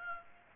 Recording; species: mosquito wingbeat signal from an infrared sensor; Aedes aegypti